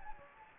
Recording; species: mosquito wingbeat signal from an infrared sensor; Anopheles gambiae